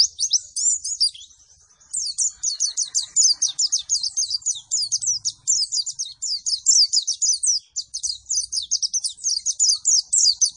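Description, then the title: White-eye song: a short burst of sharp high notes, a brief pause, then a long run of rapid, sharp high notes. Energetic 'gacor' singing after metabolic doping with You C 1000. "Pleci Gacor. Beginilah Hasil Perform Pleci Dengan Doping Metabolis"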